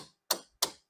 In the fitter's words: so when you're looking at the gas cap if you don't hear the clicking noises